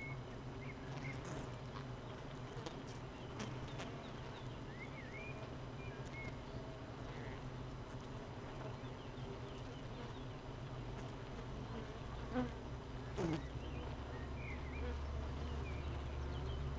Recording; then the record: honeybee colony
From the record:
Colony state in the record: missing queen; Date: 31 May 2018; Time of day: 8:09